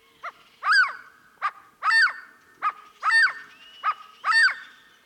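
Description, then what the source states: Elegant Quail calling in a steady rhythm, short sharp notes alternating with longer harmonic calls, about eight sounds over five seconds. Elegant quail of the deserts of northwestern Mexico.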